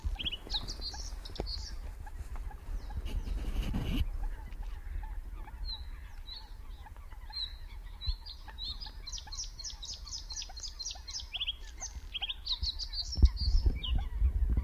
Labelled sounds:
Bluethroat song

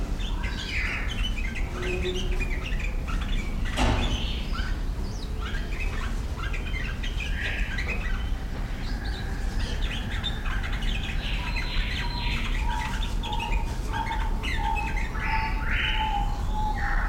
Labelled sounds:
Speckled Tinkerbird call

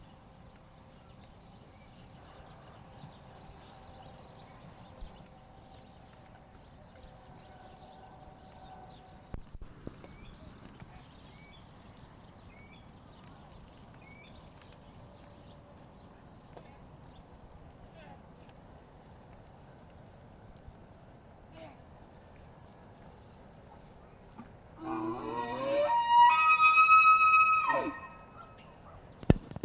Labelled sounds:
Wapiti rut call

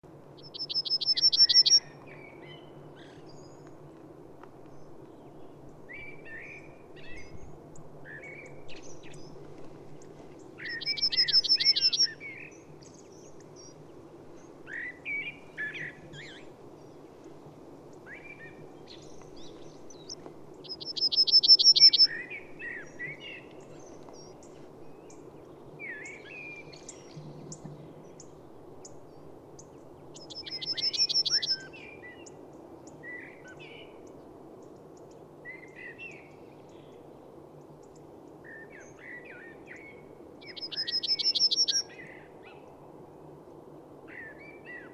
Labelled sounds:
Yellowhammer song

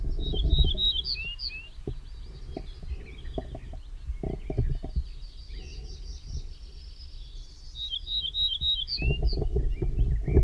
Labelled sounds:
Ortolan Bunting song

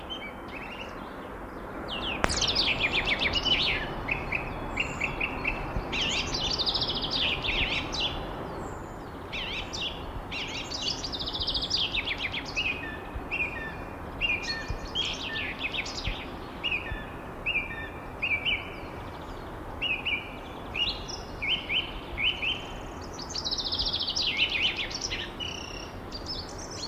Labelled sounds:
Song Thrush song

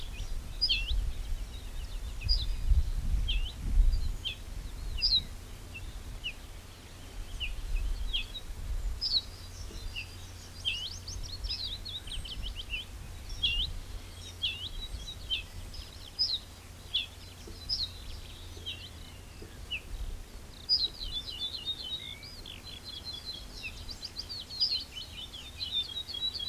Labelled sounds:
Ortolan Bunting

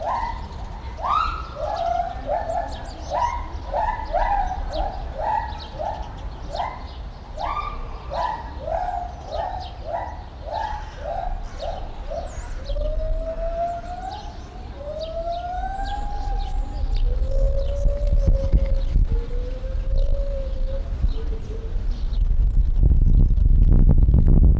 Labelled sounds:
Lar Gibbon

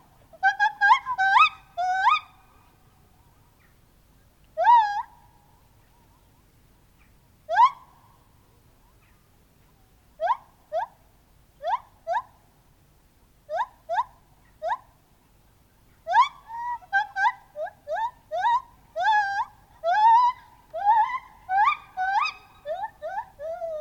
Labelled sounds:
Lar Gibbon

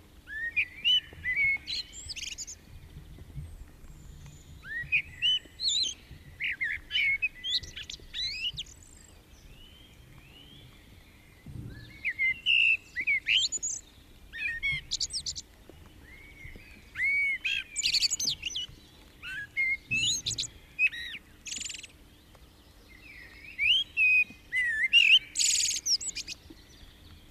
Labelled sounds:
Common Blackbird song

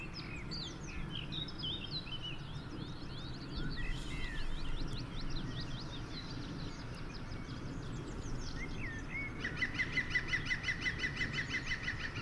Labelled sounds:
European Green Woodpecker

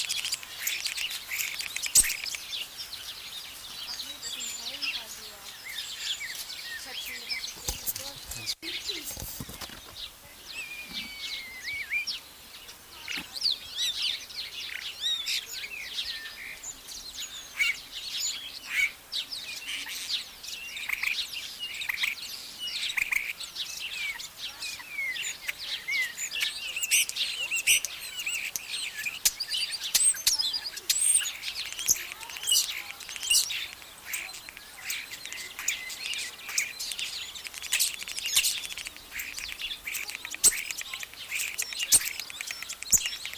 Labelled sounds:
European Starling song

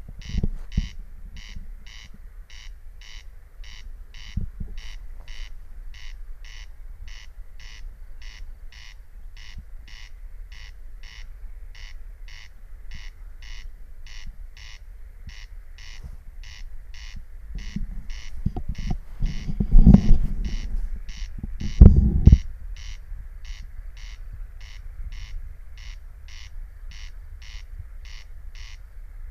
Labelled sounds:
Corn Crake song

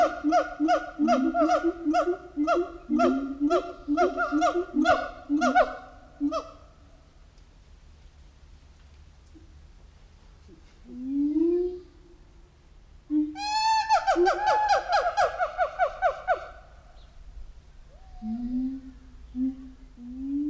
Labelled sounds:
Siamang

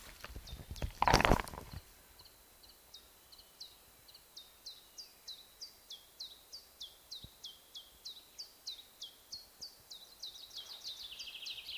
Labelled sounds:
Common Chiffchaff song

